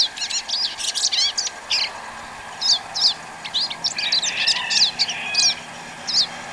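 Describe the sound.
Bird song: varied high chirps and quick warbled phrases delivered in short bursts separated by brief gaps.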